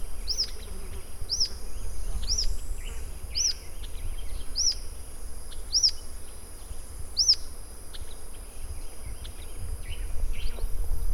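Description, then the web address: Rough-legged tyrannulet calls: a series of sharp high arched notes about once a second, then a pause, with soft twittering from other birds in the background. "sound Rough-legged-tyrannulet. صدای-پرنده-ژیانمرغک-پازبر"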